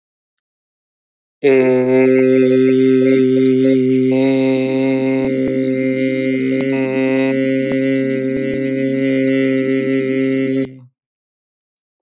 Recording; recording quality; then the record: sustained vowel as in made; excellent, no background noise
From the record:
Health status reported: healthy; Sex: male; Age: 24 years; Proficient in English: yes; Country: India